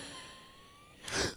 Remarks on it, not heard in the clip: You hear that wheeze? The wheeze is insane. My wheeze is nuts.